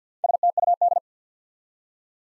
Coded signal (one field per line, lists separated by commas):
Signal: Morse code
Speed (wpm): 50 wpm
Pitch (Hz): 700 Hz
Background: none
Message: STUD